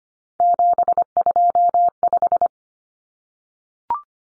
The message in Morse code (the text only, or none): 725